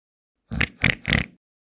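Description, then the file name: Peafowl calls: three harsh, nasal, honking bursts in quick succession, each rich in overtones, with silence before and after. "Pfau"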